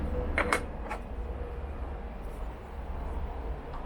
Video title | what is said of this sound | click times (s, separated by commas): Canon EOS R: Initial Impression and why I chose this camera over the EOS RP. | Satisfying click. | 0.5 s